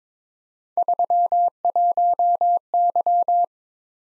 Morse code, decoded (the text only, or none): 31Y